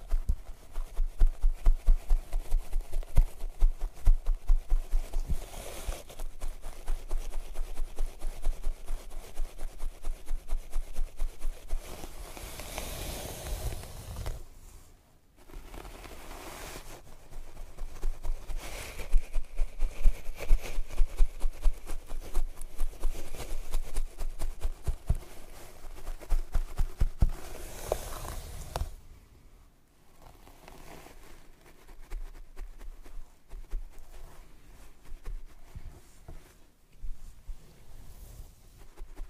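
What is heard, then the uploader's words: Scalp massage and hair brushing: a dense, fast scratchy rustle of strokes running almost without pause. Brighter, louder passes swell around 12–14, 19–21 and 27–28 seconds, with brief near-silent breaks near 15, 29 and 36 seconds. Scalp Massage & Hair Brushing.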